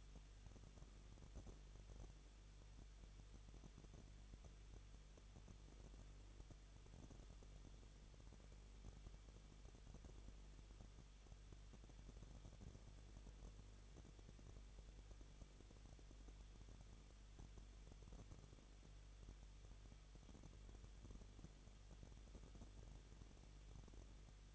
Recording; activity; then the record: daily activity, microphone in the room; no activity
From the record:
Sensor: 4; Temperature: 23.0 degrees Celsius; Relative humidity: 34.2%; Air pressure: 1007.3 hPa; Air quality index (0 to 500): 218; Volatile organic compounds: 16 ppm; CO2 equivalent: 2522 ppm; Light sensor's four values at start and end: 2/3/1/1 and 2/3/1/1